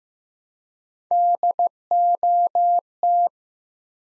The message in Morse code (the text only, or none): DOT